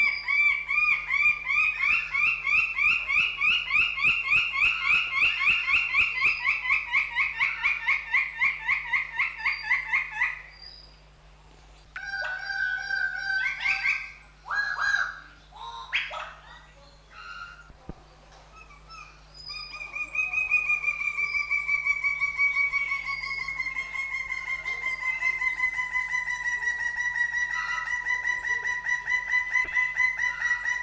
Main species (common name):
Greater Bird-of-paradise